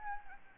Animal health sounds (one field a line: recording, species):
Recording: mosquito wingbeat signal from an infrared sensor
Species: Aedes albopictus